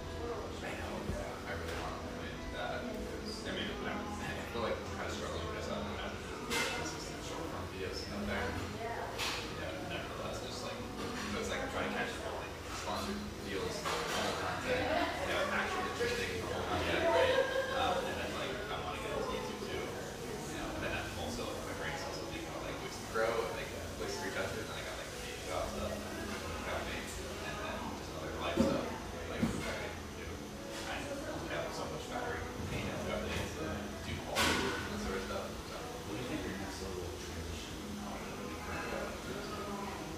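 Bustling café bar with a steady wash of overlapping voices and chatter. Sharp clinks and clatters of cups or dishes cut through now and then, notably around 6, 15, 28 and 34 seconds, over a constant low hum underneath.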